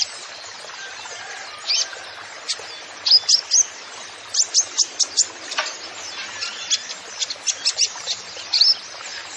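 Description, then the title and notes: Kolibri ninja song: thin, piercing high chirps, sparse at first, then fast clustered bursts of sharp notes. Masteran recording for training songbirds, bird singing vigorously (gacor) with full fill-in phrases (isian) and bursts (tembakan), suited as a lure (pancingan) to prompt other birds. "MASTERAN KOLIBRI NINJA TERBAIK FULL ISIAN DAN TEMBAKAN MEWAH COCOK BUAT PANCINGAN. Suara Burung Kolibri Ninja Gacor"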